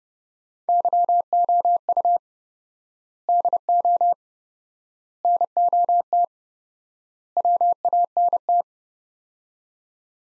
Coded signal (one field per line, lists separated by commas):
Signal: Morse code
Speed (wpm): 30 wpm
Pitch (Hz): 700 Hz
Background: none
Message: YOU DO NOT WANT